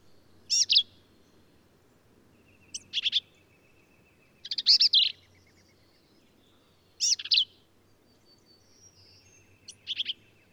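Black-capped vireo song: harsh, buzzy and chattering high phrases, each short and varied, given at intervals of a few seconds in quiet surroundings.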